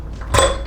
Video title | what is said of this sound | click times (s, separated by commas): Mag converson on Harley FXBB EP1 ( How to use Pit posse tool) | push in until you hear it click in like that | 0.2 s